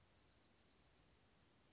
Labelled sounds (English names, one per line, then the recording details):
Dark-eyed Junco
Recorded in Sonoma County, California